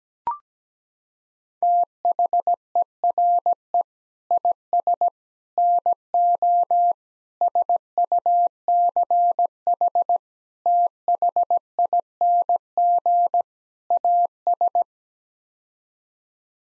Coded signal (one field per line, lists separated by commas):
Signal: Morse code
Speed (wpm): 17 wpm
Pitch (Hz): 700 Hz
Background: none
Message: THERE IS NO SUCH THING AS